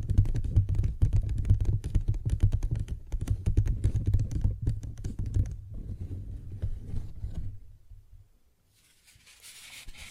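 A paper bag is tapped and scratched in quick, dense, irregular strikes, with a strong low thump under the clicks for the first half. Around six seconds the tapping thins and fades, then stops near eight seconds. A soft, bright rustle rises at the end.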